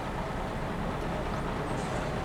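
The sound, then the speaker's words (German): A bus engine idles at a stop, a steady, unbroken rumble with a broad hiss over the low drone, holding the same moderate level throughout without revving or pulling away. “Wann fährt denn nun unser Bus”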